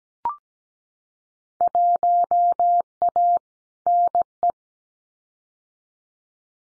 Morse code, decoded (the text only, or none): 1A NE